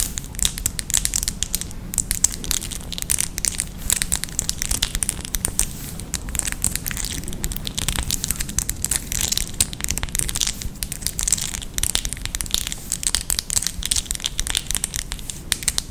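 ASMR with very long fingernails: a steady, dense stream of quick, crisp taps and scratches that never pauses across the whole stretch. The sound is bright and crackly, like crinkling material, with a soft low rumble running underneath.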